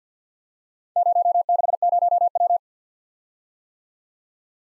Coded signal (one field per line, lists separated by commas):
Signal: Morse code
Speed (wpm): 53 wpm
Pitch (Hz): 700 Hz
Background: none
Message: 060W